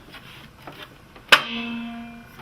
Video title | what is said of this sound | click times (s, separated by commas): Brother Embroidery machine, the main driving belt access to check and/or replace. | You could hear it click home. | 1.3 s